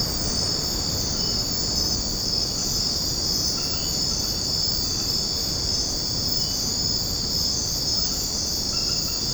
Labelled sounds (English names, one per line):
none